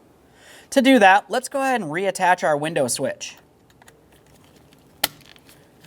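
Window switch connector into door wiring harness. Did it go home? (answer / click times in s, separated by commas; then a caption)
yes / 5.0 s. Someone talks while the window switch wiring connector is reattached and pressed into the door wiring harness on a 2009-2014 Nissan Maxima, done so the rear window regulator can be adjusted to reach its mounting hardware. After the talk ends, a single sharp click is heard at 5.0 s as the connector seats.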